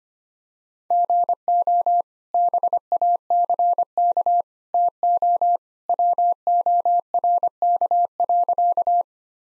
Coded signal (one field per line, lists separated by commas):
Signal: Morse code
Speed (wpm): 25 wpm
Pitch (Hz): 700 Hz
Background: none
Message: GO BACK TO WORK.